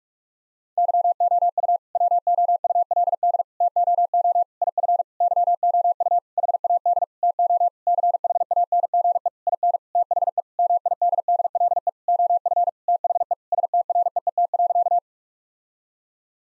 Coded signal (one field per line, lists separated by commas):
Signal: Morse code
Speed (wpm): 46 wpm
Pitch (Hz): 700 Hz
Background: none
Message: YOU WOULD TOO IF YOU HAD TO CHANGE IN THE MIDDLE OF THE STREET.